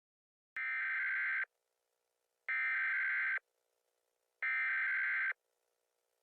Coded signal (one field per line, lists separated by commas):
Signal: Emergency Alert System (SAME) tones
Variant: header bursts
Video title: What If Scenario: EAS on 9/11